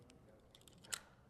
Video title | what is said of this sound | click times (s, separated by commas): Getting Started With Your FX Wildcat | Put the shield back on. Click that half crescent back over 180 degrees | 0.9 s